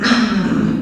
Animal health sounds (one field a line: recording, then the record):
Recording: squeal of a Yucatan mini pig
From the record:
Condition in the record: after surgery on the right vocal fold (resection and tissue-engineered implant)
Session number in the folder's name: 9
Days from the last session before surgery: 65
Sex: female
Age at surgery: 19 weeks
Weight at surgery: 25 kg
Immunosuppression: prednisolone